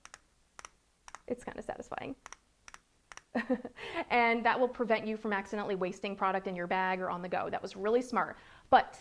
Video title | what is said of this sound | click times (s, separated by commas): Inside the doTERRA sun trio: first impressions {S.234}☀️🧡☀️ | the cap locks so you can easily just turn it hear that click | 0.0 s, 0.1 s, 0.6 s, 1.1 s